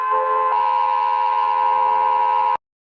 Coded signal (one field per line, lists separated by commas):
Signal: Emergency Alert System (SAME) tones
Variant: 853 and 960 Hz attention tone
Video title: All territories EAs alarm (Old)